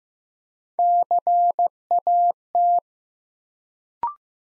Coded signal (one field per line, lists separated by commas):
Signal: Morse code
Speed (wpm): 15 wpm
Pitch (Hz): 700 Hz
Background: none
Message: CAT